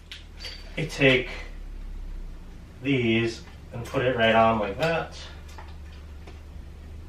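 Someone talks while handling plastic tapered shelf support clips, pushing them onto a metal shelving pole at a rung. A faint tap comes at 0.1 s, then the speech continues over a low steady hum. Nothing has seated or snapped into place yet.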